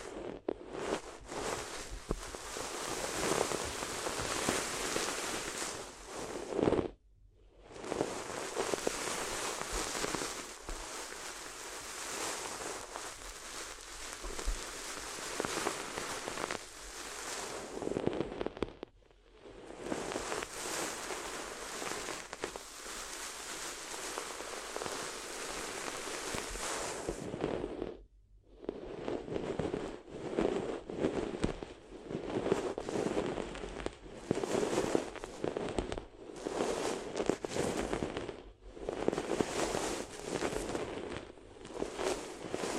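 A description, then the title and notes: Dense, bright paper crinkling and rustling crackles almost nonstop, with brief silent pauses near seven, nineteen and twenty-eight seconds, then choppier bursts. ASMR If You Had Paper Ears (No Talking).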